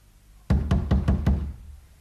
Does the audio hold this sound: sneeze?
no